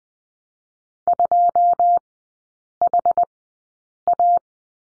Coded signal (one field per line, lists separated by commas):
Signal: Morse code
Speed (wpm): 20 wpm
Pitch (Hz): 700 Hz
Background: none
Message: 2HA